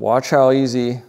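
A second wooden panel with clip connectors is being handled toward its wall-mounted mating piece while someone talks briefly. Nothing has seated or clicked yet; the panel is not yet home.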